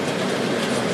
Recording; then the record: background sound without coughing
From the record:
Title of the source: Office Sounds Ambience - Background Noise for Study and Work